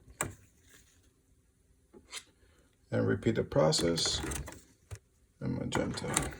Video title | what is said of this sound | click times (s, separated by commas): How to re-fill ink for the Epson Workfoce WF-7820 and 7840 | press down firmly until you hear a snapping noise. | 0.2 s